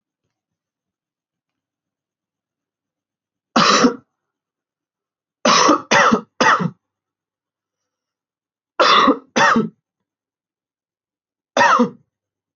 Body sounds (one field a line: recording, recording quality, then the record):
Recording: heavy voluntary cough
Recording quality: moderate, slight background noise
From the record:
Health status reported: healthy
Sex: male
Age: 19 years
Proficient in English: yes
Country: India